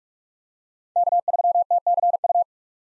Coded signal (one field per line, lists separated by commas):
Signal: Morse code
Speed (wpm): 41 wpm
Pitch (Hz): 700 Hz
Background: none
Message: K3TCU